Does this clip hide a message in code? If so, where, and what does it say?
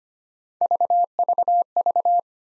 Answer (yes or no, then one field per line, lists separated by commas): no